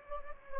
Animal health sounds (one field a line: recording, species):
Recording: mosquito wingbeat signal from an infrared sensor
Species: Anopheles gambiae